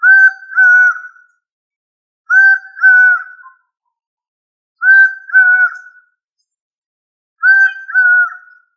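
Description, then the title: Bird giving two-part nasal calls, repeated about every two and a half seconds, with silence between. "LuckyPassaro Completos2Sama"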